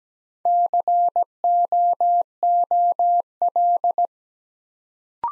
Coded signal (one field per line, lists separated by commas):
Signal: Morse code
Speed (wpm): 17 wpm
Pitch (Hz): 700 Hz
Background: none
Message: COOL